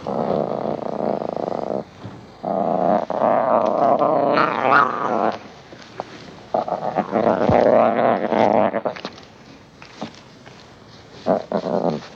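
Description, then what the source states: Lion growling almost continuously, long rough rumbling grumbles broken by short pauses, fussing throughout. Lion fussing and playing.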